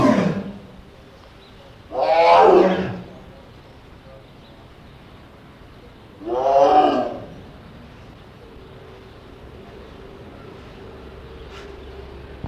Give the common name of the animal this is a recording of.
Tiger